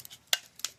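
A wired power adapter module is pushed, probe side first, into the battery compartment of a video garage door keypad. A sharp snap at 0.3 s marks the module seating in the slot, with fainter ticks just before and after. The module is seated.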